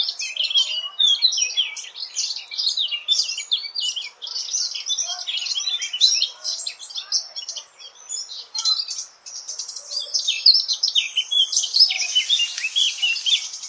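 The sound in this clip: Eurasian blackcap song, a dense, nearly continuous warble of quick varied notes, with a short noisy burst near the end.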